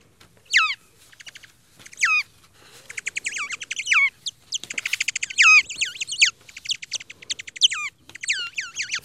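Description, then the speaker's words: Parti-coloured bat calls made audible: repeated steeply falling chirps with stacked harmonics, in bursts, mixed with rapid clicking trains. Recording modified so human ears can hear it. "Det där var gråskimlig fladdermus som vi hörde. Lite modifierad för våra människorons skull."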